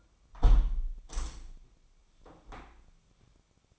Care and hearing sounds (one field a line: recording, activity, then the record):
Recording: daily activity, microphone in the room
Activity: close window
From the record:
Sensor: 1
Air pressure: 997.9 hPa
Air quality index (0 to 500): 121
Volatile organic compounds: 3 ppm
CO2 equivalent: 1446 ppm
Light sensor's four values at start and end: 17/56/23/23 and 17/57/23/23